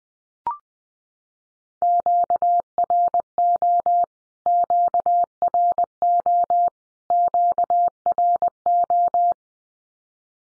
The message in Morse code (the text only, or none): QRO QRO QRO